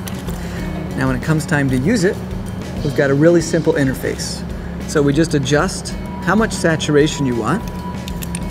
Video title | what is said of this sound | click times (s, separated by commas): Colour Modular Analog Saturator Pre-Order Announcement | To install a color in the palette, you just plug it in with a satisfying click that tells you it's secure. | 0.1 s